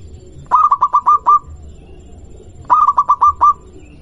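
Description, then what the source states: Zebra dove song: two short runs of about six rapid, evenly spaced cooing notes, separated by a pause, over low background noise. Local zebra dove (perkutut lokal).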